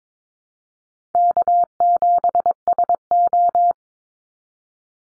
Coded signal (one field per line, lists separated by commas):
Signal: Morse code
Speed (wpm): 22 wpm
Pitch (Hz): 700 Hz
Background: none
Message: K7SO